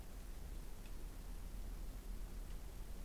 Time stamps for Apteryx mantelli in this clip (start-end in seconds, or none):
none